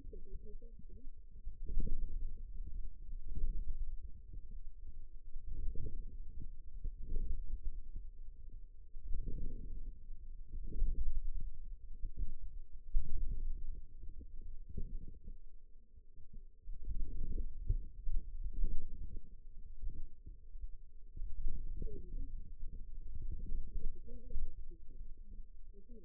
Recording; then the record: forearm muscle sounds (acoustic myography)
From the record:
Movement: outward rotation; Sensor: system 2, bracelet of six BSWA MPA416 microphones around the upper forearm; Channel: 3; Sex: female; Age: 21 years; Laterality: right